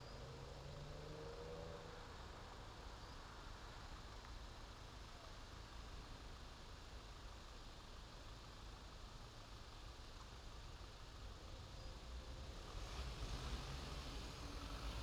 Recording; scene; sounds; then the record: everyday scene through a hearing-aid microphone; in traffic; traffic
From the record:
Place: main city hub, rush hour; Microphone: in the ear canal, left